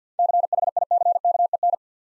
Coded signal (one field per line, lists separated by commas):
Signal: Morse code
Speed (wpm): 51 wpm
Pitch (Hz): 700 Hz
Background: none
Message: CHICKEN